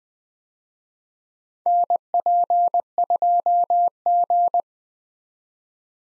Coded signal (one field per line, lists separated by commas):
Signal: Morse code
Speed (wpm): 20 wpm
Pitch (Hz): 700 Hz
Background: none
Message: NP2G